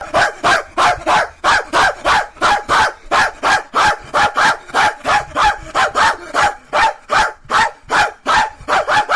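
Dog barking in a rapid, steady series, about three sharp barks per second, with no other sounds.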